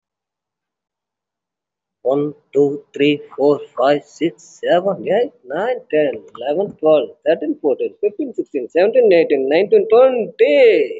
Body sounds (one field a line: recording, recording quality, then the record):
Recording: counting at a fast pace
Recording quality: excellent, no background noise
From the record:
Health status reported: respiratory illness, not identified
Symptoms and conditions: breathing difficulty, muscle pain, asthma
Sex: male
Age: 43 years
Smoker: no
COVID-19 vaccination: one dose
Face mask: worn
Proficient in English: yes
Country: India